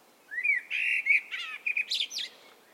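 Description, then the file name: Eurasian blackbird song, a single varied phrase of rich fluting whistles that ends in high squeaky twittering notes, heard in quiet surroundings. "Turdus merula"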